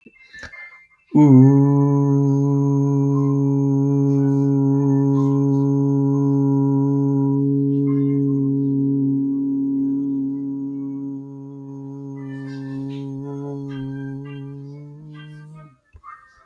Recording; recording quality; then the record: sustained vowel as in boot; excellent, no background noise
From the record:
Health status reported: healthy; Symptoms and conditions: none ticked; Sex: male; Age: 37 years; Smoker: not ticked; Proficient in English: yes